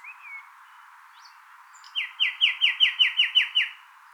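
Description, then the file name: Common nightingale song: a brief slurred whistle and scattered soft notes, then a strong run of several rich repeated notes at an even, rapid pace. "Luscinia megarhynchos"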